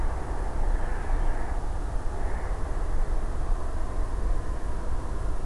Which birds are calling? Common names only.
Wood Lark